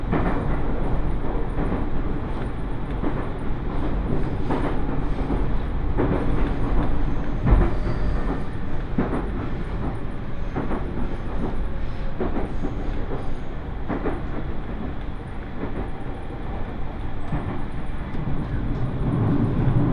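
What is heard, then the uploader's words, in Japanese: A train on the Iida Line runs steadily toward Shinshiro, its low rumble constant for the whole stretch. Regular rail clicks and short knocks recur every second or so, with a brief louder jolt near the seven-and-a-half-second mark and a faint high whine above. 耳で楽しむ鉄道旅 飯田線 三河槇原→新城。トンネル区間ばかりだったのも終わって、高台を走ったり国道１５１号線と並走しながら新城へと向かっていきます。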